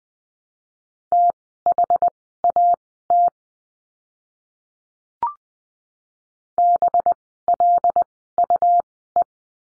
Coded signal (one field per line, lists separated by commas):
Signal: Morse code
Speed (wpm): 20 wpm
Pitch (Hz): 700 Hz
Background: none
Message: THAT BLUE